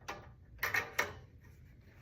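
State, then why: Seated. A removable wheelchair armrest is pushed back down into its metal receiver socket on the wheelchair frame. After a soft scrape, two sharp clicks are heard at 0.6 s and 1.0 s, the second one louder. The armrest is seated.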